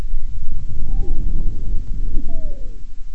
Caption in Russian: Высокочастотные свистящие хрипы образуются при наличии вязкого секрета в мелких бронхах и бронхиолах. Свистящие хрипы у больной, страдающей хроническим обструктивным бронхитом. Основной дыхательный шум представлен жестким дыханием. Свистящие хрипы свидетельствуют о бронхообструктивном синдроме.